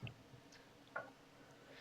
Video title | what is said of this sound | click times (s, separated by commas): 8inch Shelf Instructions - Compatible with Ridgid Pro Gear 2.0 | you could insert them before you insert the primary brackets, but the snap, for good measure, tells us that it's locked in. | 0.1 s, 1.0 s